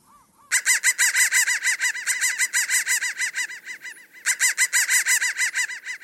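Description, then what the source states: Crow caws pitched high and clipped, a quick rattling chain of harsh notes, then a brief pause before a second fast run. Processed sound.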